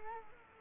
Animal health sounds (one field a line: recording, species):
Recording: mosquito wingbeat signal from an infrared sensor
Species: Culex quinquefasciatus